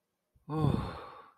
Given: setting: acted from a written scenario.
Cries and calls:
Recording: vocal sound without words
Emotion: guilt

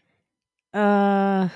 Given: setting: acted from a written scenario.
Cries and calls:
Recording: vocal sound without words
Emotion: embarrassment

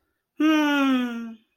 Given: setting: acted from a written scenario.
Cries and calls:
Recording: vocal sound without words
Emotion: elation

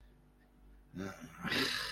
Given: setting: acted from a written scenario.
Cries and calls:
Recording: vocal sound without words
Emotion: shame

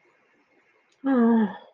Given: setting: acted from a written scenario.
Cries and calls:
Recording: vocal sound without words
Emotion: romantic love

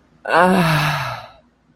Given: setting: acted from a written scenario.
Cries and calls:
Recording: vocal sound without words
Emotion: ecstasy

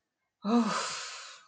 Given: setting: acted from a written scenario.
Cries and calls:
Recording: vocal sound without words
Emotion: relief

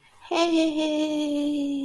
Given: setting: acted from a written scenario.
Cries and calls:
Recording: vocal sound without words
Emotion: elation

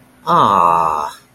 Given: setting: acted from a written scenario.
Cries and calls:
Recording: vocal sound without words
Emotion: disappointment

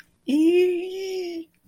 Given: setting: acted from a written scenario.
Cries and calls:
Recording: vocal sound without words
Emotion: elation

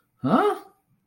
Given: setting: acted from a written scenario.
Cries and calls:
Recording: vocal sound without words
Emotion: negative surprise

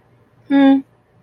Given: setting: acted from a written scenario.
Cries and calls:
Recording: vocal sound without words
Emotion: neutral

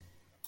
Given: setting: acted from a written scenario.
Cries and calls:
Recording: vocal sound without words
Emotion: relief

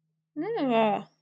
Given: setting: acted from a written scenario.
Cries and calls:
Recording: vocal sound without words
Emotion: disgust

